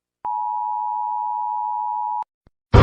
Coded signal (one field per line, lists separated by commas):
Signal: Emergency Alert System (SAME) tones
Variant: 853 and 960 Hz attention tone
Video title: I made 3 old eas alarms